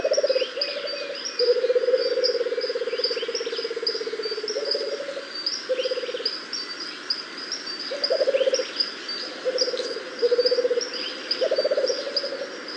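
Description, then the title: Rufous-capped motmot calling in low, vibrating trills, some short and one drawn out for several seconds, with a background chorus of high chirping notes. "LuckyPassaro Completos2Sama. Rufous-capped Motmot (Baryphthengus ruficapillus)"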